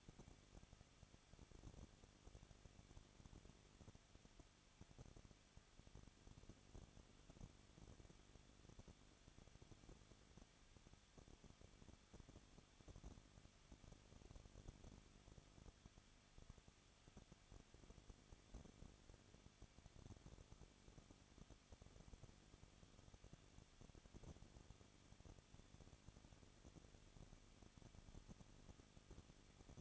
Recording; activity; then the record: daily activity, microphone in the room; no activity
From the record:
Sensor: 4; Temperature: 23.0 degrees Celsius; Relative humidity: 34.4%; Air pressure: 1007.2 hPa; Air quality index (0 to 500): 215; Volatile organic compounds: 15 ppm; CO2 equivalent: 2492 ppm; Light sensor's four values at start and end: 2/3/1/1 and 2/3/1/1